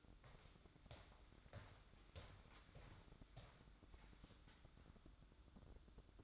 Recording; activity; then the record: daily activity, microphone in the room; walk to room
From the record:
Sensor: 3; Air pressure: 1008.2 hPa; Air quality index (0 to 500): 132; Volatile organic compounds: 2 ppm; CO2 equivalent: 1092 ppm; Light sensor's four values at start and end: 10/23/9/9 and 10/23/9/9